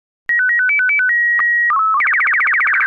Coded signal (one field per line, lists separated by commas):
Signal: SSTV (slow-scan television)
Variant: Robot BW 8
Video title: Slow Scan Radio, September 5, 2018